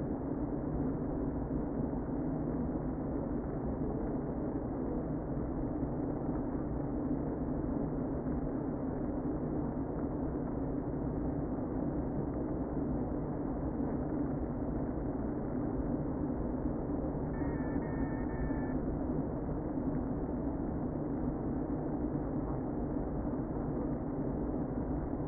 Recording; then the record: honeybee colony, microphone inside the hive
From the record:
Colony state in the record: queen present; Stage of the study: before two queens were removed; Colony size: about 60,000 bees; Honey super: yes